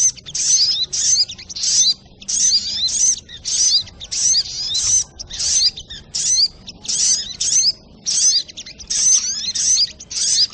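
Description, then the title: Spiderhunter repeating sharp, high-pitched bursts of slurred notes, roughly one and a half per second, in a continuous run. Training audio (masteran); labelled Labaik. "Sogok Ontong Labaik"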